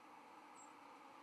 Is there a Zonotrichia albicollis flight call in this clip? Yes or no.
no